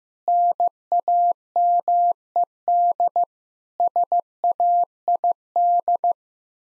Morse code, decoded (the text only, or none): NAMED SAID